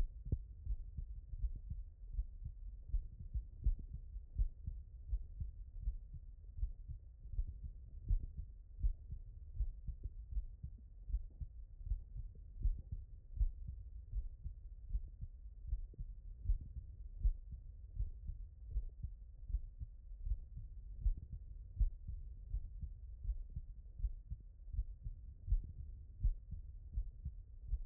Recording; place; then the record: heart sounds by stethoscope; tricuspid valve (TV)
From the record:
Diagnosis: non-HFrEF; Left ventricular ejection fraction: 65%